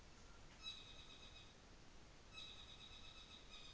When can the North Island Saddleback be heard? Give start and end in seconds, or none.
0.53-1.56, 2.14-3.73